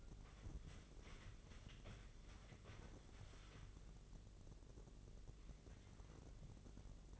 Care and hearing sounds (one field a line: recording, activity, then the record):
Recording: daily activity, microphone in the room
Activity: wipe stove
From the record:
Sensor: 4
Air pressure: 1013.2 hPa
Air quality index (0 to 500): 175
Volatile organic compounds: 2 ppm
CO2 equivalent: 1102 ppm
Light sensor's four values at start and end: 95/239/99/104 and 97/242/100/105